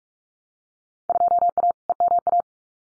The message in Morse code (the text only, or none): 2A EMA